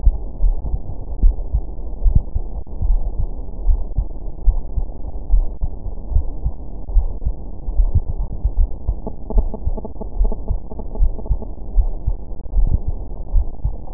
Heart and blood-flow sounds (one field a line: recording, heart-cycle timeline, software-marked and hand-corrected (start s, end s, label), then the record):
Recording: heart sounds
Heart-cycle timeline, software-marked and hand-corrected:
0.00	0.02	S2
0.02	0.42	diastole
0.42	0.56	S1
0.56	0.72	systole
0.72	0.82	S2
0.82	1.22	diastole
1.22	1.36	S1
1.36	1.52	systole
1.52	1.62	S2
1.62	2.04	diastole
2.04	2.22	S1
2.22	2.40	systole
2.40	2.48	S2
2.48	2.86	diastole
2.86	3.02	S1
3.02	3.20	systole
3.20	3.30	S2
3.30	3.66	diastole
3.66	3.80	S1
3.80	3.98	systole
3.98	4.08	S2
4.08	4.46	diastole
4.46	4.58	S1
4.58	4.76	systole
4.76	4.86	S2
4.86	5.30	diastole
5.30	5.46	S1
5.46	5.64	systole
5.64	5.74	S2
5.74	6.12	diastole
6.12	6.26	S1
6.26	6.44	systole
6.44	6.54	S2
6.54	6.94	diastole
6.94	7.06	S1
7.06	7.24	systole
7.24	7.34	S2
7.34	7.76	diastole
7.76	7.90	S1
7.90	8.10	systole
8.10	8.18	S2
8.18	8.58	diastole
8.58	8.68	S1
8.68	8.86	systole
8.86	8.96	S2
8.96	9.34	diastole
9.34	9.48	S1
9.48	9.66	systole
9.66	9.78	S2
9.78	10.18	diastole
10.18	10.32	S1
10.32	10.48	systole
10.48	10.58	S2
10.58	10.98	diastole
10.98	11.12	S1
11.12	11.28	systole
11.28	11.38	S2
11.38	11.76	diastole
11.76	11.90	S1
11.90	12.08	systole
12.08	12.18	S2
12.18	12.56	diastole
12.56	12.70	S1
12.70	12.86	systole
12.86	12.96	S2
12.96	13.34	diastole
13.34	13.46	S1
13.46	13.64	systole
13.64	13.72	S2
13.72	13.93	diastole
From the record:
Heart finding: coronary artery disease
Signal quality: good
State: rest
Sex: female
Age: 50 years